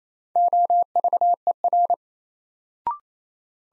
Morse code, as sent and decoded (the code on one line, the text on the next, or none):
--- ...- . .-.
OVER